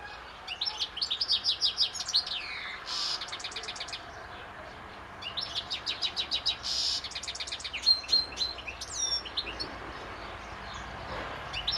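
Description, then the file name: European goldfinch twittering, fast tinkling phrases of high notes with buzzy slurs, two long bursts separated by a pause, then scattered chirps. "Carduelis carduelis"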